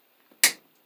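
A plastic ENT conduit with its snap fitting is pushed into the knockout of a plastic electrical box. A sharp, loud click at 0.4 s locks the fitting partway in, with faint handling sounds around it. A second click is still needed before it is all the way in.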